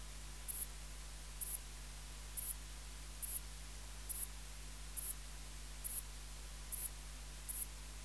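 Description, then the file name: Ephippiger cruciger song: a series of brief, high-pitched chirps at a steady pace, with a faint hum behind. "Ephippiger cruciger"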